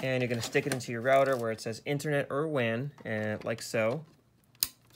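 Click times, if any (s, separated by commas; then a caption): 4.6 s. An Ethernet cable plug coming from the ONT is pushed into the router's internet (WAN) port while someone talks for about the first four seconds. After a few faint ticks, the plug's clip latches with a single sharp click at 4.6 s. The click marks a good connection that won't come loose.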